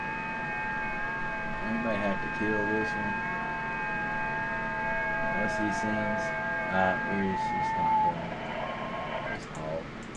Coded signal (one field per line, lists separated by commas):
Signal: FT8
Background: speech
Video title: WSJT-X and GridTracker on #ft8 FT8 #hamradio